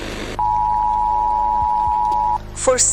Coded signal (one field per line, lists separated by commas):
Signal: Emergency Alert System (SAME) tones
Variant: 853 and 960 Hz attention tone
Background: speech